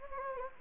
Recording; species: mosquito wingbeat signal from an infrared sensor; Anopheles gambiae